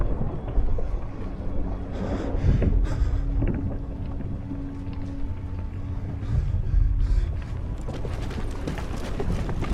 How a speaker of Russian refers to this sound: Грозовой очаг к северу, сильным порывистым юго-западным ветром.